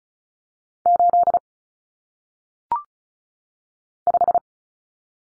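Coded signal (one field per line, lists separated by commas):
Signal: Morse code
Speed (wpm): 36 wpm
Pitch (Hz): 700 Hz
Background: none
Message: 8 5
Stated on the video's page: Morse code head-copy drill of single-digit numbers at 35 wpm, each sent twice around a spoken answer.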